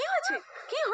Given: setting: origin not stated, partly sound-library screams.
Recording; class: one-second piece from a danger detection set; woman in danger